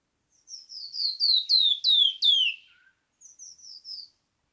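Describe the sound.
Canyon wren song, a falling cascade of sweet downslurred whistles growing louder, followed by a short run of softer, higher notes.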